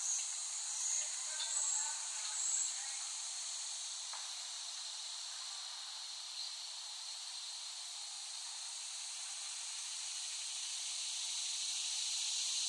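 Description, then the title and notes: Cicadas buzzing in a continuous high drone that swells in volume near the end, with a few brief high chirps early on. Cicadas recorded in West Brighton, Staten Island, late summer 2008. "The Cicadas of Summer. Recording of cicadas made by Dan Bodah in West Brighton, Staten Island, late summer 2008"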